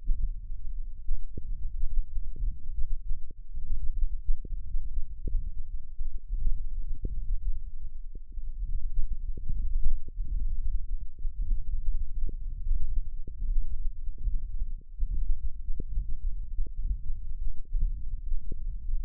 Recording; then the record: forearm muscle sounds (acoustic myography)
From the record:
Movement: index flexion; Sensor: system 1, eight BSWA MPA416 microphones around the upper forearm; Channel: 8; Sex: male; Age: 21 years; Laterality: right